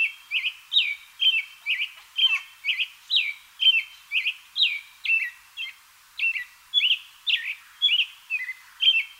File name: American Robin Turdus migratorius